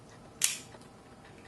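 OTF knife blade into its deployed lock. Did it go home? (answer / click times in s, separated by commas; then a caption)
no / none. A returned, broken out-the-front switchblade is fired, giving a single sharp, bright mechanical snap at about 0.4 s that quickly fades into quiet background. The blade's locking mechanism does not catch in the deployed position, so nothing has locked into place.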